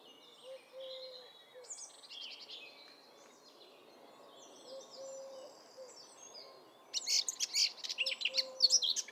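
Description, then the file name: Eurasian blackcap song bursts in near the end as a loud, fast jumble of sharp whistled notes, after quiet warbling and a few low soft notes. "Sylvia atricapilla"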